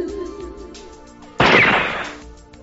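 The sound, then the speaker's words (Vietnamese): A single loud gunshot cracks suddenly out of a quiet, faintly humming background, its harsh blast ringing and fading away over roughly a second. “Bỗng nhiên một tiếng súng vang lên, cắt đứt sự yên tĩnh.”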